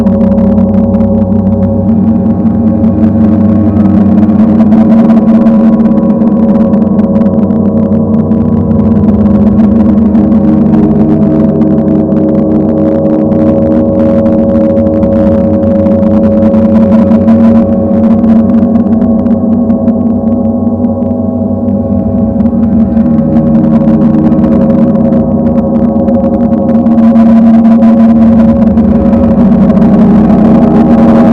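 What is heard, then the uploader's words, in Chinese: A gong bath: a dense, continuous wash of low, sustained gong tones that swell and shimmer steadily for the whole span, never fading out. 銅鑼浴。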